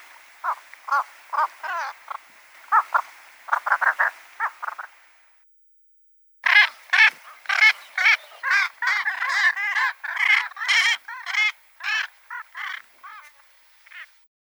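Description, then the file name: Squacco heron calls: harsh, rasping notes repeated quickly. A first series of notes, then a pause of about a second, then a denser, louder run that fades out. "Caplja zheltaja"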